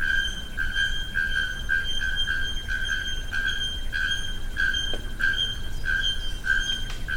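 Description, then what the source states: Bare-throated bellbird giving ringing, metallic tonal notes in a fast series, more than one per second, over a steady low background rumble. Recorded at Jardim Botânico, São Paulo, Brazil, on 20 October 2010.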